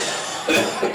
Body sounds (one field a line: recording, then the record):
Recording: coughing mixed with background sound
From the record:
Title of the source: Cough Around the Clock!